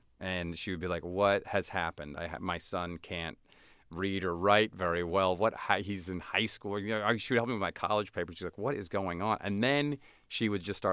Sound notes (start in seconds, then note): none